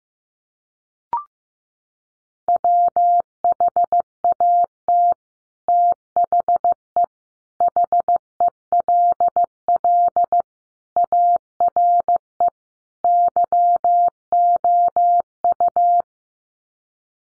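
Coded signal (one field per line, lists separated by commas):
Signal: Morse code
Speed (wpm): 15 wpm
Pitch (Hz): 700 Hz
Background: none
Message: WHAT THE HELL ARE YOU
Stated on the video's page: Morse code practice at 15 wpm, five-word groups sent for head-copy.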